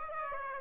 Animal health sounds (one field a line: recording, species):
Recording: mosquito wingbeat signal from an infrared sensor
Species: Aedes aegypti